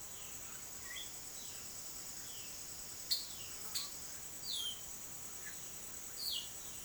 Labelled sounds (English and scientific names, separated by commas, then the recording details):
Epaulet Oriole (Icterus cayanensis)
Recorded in dense forest near Puerto Asís, Putumayo, Colombia, on 18 February 2024 at 07:30
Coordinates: 0.505, -76.324
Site G6467